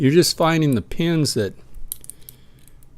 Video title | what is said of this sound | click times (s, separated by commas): (213) LSDAMN! - Picked & Gutted. | bind or give you a little click like that one just did | 1.9 s